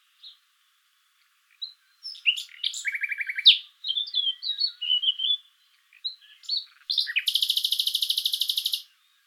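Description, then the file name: Common nightingale song with a brief buzzy trill, a tumble of sharp chirps, and a final extended high rattle of rapid pulses. "Luscinia megarhynchos"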